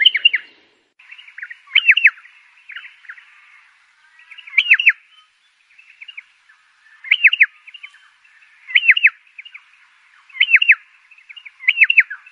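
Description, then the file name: Pardalote giving a short high phrase of two or three downslurred notes every couple of seconds, with quieter twittering notes in the gaps. "canto do pardalote"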